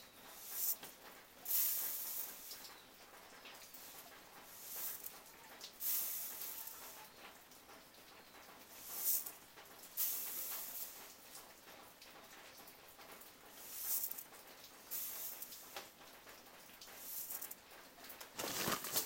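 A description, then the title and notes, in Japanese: Melted snow drips from the roof into the eaves, heard as a steady bright hiss with irregular splashy bursts every second or two. Louder swells rise near 1, 6, 9, 14 and 18 seconds, with a sharp, strong burst just before the end. 一気に積もった雪が解けて屋根から軒に滴り落ちるしずくを聴きながらの作業。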